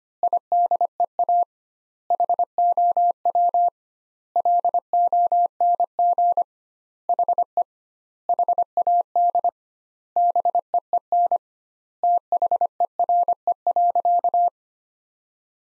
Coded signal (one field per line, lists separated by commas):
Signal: Morse code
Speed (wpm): 25 wpm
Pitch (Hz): 700 Hz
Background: none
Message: IDEA HOW LONG HE HAD BEEN THERE.